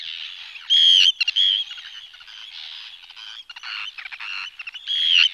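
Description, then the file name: Arctic tern rasping calls, with a clearer drawn-out scream near the start and again near the end amid background chattering. "rybák dlouhoocasý"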